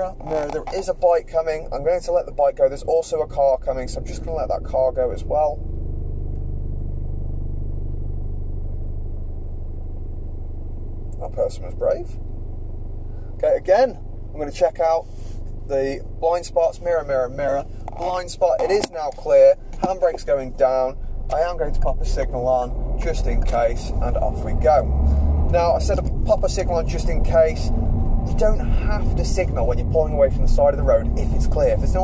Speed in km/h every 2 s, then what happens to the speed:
0, 0, 0, 0, 0, 0, 0, 0, 0, 0, 0, 10, 21, 24, 27, 27.
0-21 standing. 21-27 pulls away to 27.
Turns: none.